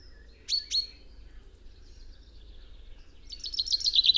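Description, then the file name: Common chaffinch calls: two sharp, bright notes in quick succession, then quiet before a rapid run of repeated song notes starts near the end. "Fringilla coelebs"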